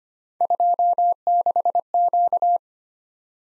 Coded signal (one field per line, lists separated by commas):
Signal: Morse code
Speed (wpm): 25 wpm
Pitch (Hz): 700 Hz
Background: none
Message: 26Q